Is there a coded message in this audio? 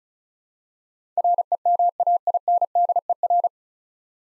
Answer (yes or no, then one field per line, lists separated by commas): yes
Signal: Morse code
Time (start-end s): 1.2-3.5 s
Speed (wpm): 34 wpm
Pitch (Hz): 700 Hz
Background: none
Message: REMAINDER